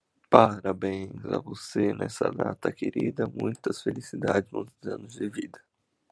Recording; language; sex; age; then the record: short text; Brazilian Portuguese; male; 20 to 29 years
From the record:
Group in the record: control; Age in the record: 26 years